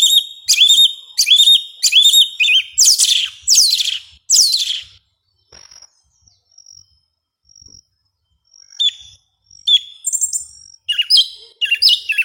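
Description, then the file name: Yellow-legged thrush song, a string of loud high slurred and trilled phrases, a quiet spell with thin faint notes, then more varied chirping phrases. "Canto do sabia una"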